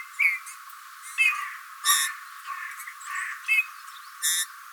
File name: Pyrrhula pyrrhula